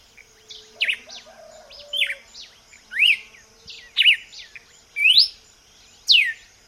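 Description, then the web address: Red-cowled cardinal song, varied whistled notes, some arched and some sharply rising, roughly one per second, against a high insect buzz. "vocs paroaria dominicana"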